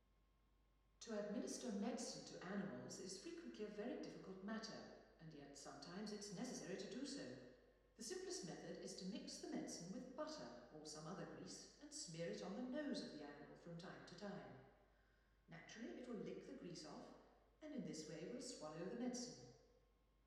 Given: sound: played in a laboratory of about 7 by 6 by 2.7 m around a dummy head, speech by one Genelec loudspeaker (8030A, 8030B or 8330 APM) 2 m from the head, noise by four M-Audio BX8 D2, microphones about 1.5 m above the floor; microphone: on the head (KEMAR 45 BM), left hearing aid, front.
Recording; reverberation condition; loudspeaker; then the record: female speech in English; high; 150 degrees to the left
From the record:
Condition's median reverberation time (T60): about 1300 ms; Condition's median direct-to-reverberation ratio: about -4.0 dB